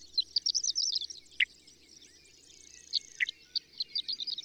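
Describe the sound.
Bird: quick high chirps cluster at the start, pause briefly, then resume, with two sharp downward-swept notes standing out.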